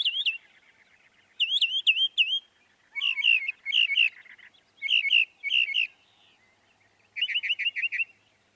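Northern mockingbird song: varied phrases, each repeated several times, mixing slurred whistles and chattery trills, with brief pauses between them.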